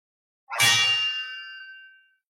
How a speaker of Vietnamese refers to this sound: Đạo chuông vang xa, vạn chuông cùng ngân, đó chính là từng nhóm đạo chuông do nguyên thần phân giải mà thành.